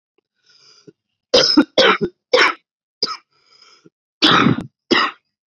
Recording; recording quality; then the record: heavy voluntary cough; excellent, no background noise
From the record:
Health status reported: COVID-19 positive, mild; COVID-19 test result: positive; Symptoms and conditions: cough, cold, sore throat, fever, fatigue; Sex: male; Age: 26 years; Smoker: not ticked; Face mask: not worn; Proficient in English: yes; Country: India